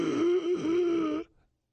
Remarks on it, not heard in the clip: The third phase in an allergy attack is when you have difficulties taking a breath in that's called stridor. That's a 911 call. The EpiPen is the treatment of choice for what we call anaphylaxis. And that's when you're having difficulty taking a big breath in.